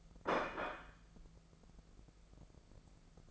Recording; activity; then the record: daily activity, microphone in the room; place plate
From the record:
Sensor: 5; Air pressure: 1015.2 hPa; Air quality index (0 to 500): 205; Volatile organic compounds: 10 ppm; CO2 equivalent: 2247 ppm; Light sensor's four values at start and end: 78/183/78/85 and 78/183/78/85